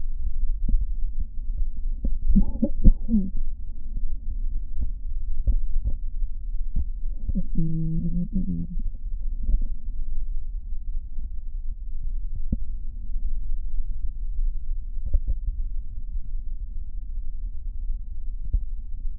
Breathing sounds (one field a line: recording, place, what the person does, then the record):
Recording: lung sounds by stethoscope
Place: right posterior basal chest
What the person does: quiet breathing, then cough and speech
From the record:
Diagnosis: asthma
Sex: female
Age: 72 years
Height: 160 cm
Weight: 63.4 kg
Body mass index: 24.8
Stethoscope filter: diaphragm mode